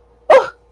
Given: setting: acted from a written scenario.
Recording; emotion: vocal sound without words; fear